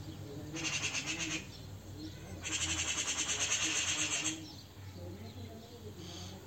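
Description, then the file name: Eurasian magpie giving harsh rattling chatter in two bursts, a short one then a longer fast run of grating notes, over a low steady background hum. "Pica pica"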